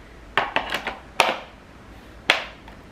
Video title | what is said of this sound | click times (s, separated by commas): 搬家後的反思｜新的家務系統｜攜帶型兒童餐椅比較｜小一英語學習教材推薦｜象山日光咖啡｜夏洛特咖啡｜花寓｜氣炸牛肉醬起司節瓜｜黑豆番茄牛肋湯 | 样就把两个一起扣上去了。 | 1.2 s, 2.3 s